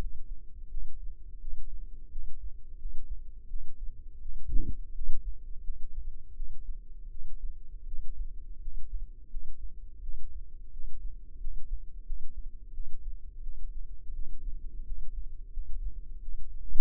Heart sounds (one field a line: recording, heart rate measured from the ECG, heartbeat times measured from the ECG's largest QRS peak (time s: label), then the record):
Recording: heart sounds by microphone in the left ear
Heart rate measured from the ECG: 85 bpm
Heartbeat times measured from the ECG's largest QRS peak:
0.69 s: heartbeat
1.39 s: heartbeat
2.10 s: heartbeat
2.77 s: heartbeat
3.48 s: heartbeat
4.20 s: heartbeat
4.93 s: heartbeat
5.62 s: heartbeat
6.34 s: heartbeat
7.09 s: heartbeat
7.85 s: heartbeat
8.60 s: heartbeat
9.28 s: heartbeat
10.01 s: heartbeat
10.71 s: heartbeat
11.38 s: heartbeat
12.04 s: heartbeat
12.72 s: heartbeat
13.41 s: heartbeat
14.13 s: heartbeat
14.84 s: heartbeat
15.51 s: heartbeat
16.20 s: heartbeat
From the record:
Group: healthy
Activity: rest 0-15 s, Valsalva maneuver 15-17 s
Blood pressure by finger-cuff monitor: 75/52 mmHg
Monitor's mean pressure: 60 mmHg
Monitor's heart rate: 86 bpm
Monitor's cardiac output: 6.6 L/min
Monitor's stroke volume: 79 mL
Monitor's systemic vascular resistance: 630 dyn s/cm5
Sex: female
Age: 19 years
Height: 163 cm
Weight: 48.9 kg